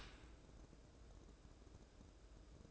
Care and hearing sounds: daily activity, microphone in the room; open dishwasher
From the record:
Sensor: 2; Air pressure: 1012.2 hPa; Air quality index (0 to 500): 147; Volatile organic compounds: 2 ppm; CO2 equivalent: 1075 ppm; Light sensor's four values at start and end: 411/1022/413/420 and 411/1022/413/420

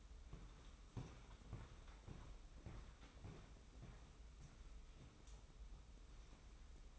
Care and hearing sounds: daily activity, microphone in the room; walk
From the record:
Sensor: 1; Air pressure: 990.7 hPa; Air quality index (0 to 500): 148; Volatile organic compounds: 1000 ppm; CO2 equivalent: 5340 ppm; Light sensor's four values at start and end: 24/59/24/27 and 28/66/28/30

